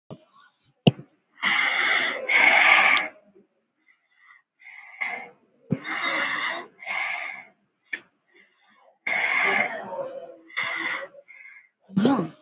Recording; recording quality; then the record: shallow breathing; excellent, no background noise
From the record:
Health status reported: COVID-19 positive, moderate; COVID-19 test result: positive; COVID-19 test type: RT-PCR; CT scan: not taken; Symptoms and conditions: cough, fever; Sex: female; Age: 45 years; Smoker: no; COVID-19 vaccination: one dose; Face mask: worn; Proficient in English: yes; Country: India